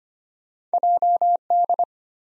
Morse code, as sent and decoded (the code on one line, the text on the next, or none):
.--- -..
JD